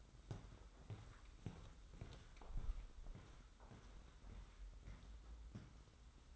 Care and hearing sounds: daily activity, microphone in the room; walk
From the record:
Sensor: 3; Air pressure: 990.6 hPa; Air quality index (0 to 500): 171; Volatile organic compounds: 1000 ppm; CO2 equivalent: 5540 ppm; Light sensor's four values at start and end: 35/84/34/32 and 37/88/36/34

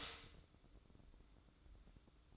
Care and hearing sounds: daily activity, microphone in the room; stop toaster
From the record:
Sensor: 3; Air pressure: 1007.1 hPa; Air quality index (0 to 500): 53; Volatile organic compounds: 1 ppm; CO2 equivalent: 590 ppm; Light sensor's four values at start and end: 8/19/8/8 and 8/19/8/8

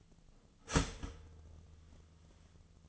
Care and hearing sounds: daily activity, microphone in the room; start toaster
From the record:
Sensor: 4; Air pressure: 1010.1 hPa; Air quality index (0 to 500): 181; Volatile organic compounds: 5 ppm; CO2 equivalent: 1835 ppm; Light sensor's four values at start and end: 23/70/27/27 and 23/69/27/27

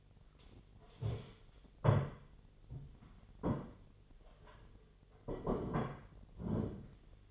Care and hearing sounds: daily activity, microphone in the room; stand up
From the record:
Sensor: 4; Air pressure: 1008.8 hPa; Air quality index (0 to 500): 171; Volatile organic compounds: 5 ppm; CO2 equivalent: 1721 ppm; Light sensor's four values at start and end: 23/73/28/27 and 23/73/28/27

